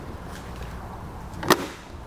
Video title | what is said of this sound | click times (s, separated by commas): Install: Blue Ox 4-Diode Universal Tail Light Wiring Kit for Towed Vehicles on a 2016 Cadillac SRX | It'll snap into place. | 1.5 s